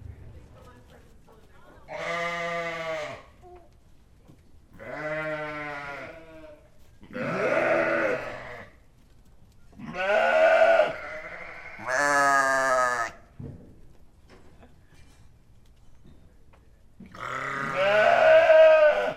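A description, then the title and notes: Sheep bleat one after another, about seven calls spread across the recording, each lasting roughly a second with a wavering, quavering tone. Some calls are higher and brighter, others lower, with short quiet gaps between them and a faint low rumble underneath. The best sheep sounds I’ve ever recorded.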